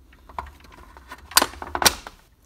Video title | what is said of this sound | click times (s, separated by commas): How to install New window Blinds/Shades - "Cordless" | insert this rail at an angle to loop around that hook and then shift it into place until it clicks just | 1.4 s